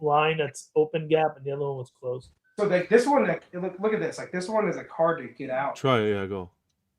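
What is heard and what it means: Someone talks while handling a magnetic accessory piece being fitted onto a collectible figure statue, with a second voice briefly joining in. The clip ends just before the part goes home, so nothing has seated or clicked yet.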